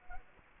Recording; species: mosquito wingbeat signal from an infrared sensor; Culex quinquefasciatus